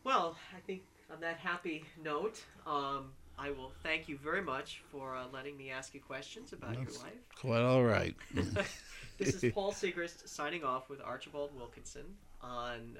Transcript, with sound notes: Well, I think, on that happy note, I will thank you very much for letting me ask you questions about your life.
That's quite all right. (they laugh)
This is Paul Sigrist, signing off with Archibald Wilkinson, on